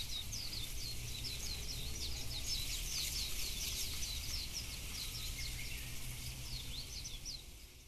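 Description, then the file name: Warbling white-eye giving a busy stream of thin, high, rapid chirping notes throughout, over a steady low hum and background noise. Recorded 6 May 2009. "2009 5 6 mejiro"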